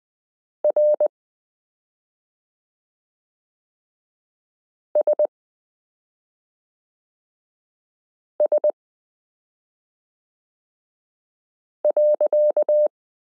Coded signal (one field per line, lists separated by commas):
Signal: Morse code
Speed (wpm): 20 wpm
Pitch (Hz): 600 Hz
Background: none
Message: RSS.